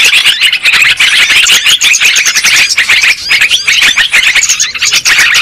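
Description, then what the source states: Lovebirds chattering loudly, high sharp chirps tumbling over each other in a continuous flock din. Lure sound used for trapping birds.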